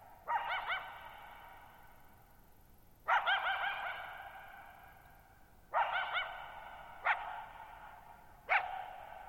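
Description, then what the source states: Coyote barking in quick doubled yips followed by single sharp barks, about five bursts in total, each fading through a lingering echo. Lone coyote at night, July 14, 2019, Thirtymile Meadows, Okanogan National Forest, Okanogan High Country, 6400 ft (1950 m); tall sharp mountains on a high, mostly dry plateau; shallow bowl-shaped meadow over boggy ground.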